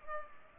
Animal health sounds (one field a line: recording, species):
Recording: mosquito wingbeat signal from an infrared sensor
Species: Culex pipiens